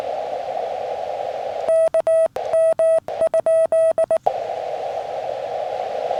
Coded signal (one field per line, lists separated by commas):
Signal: Morse code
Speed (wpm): 20 wpm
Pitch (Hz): 650 Hz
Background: radio noise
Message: KM?